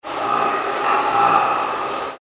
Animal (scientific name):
Hexaprotodon liberiensis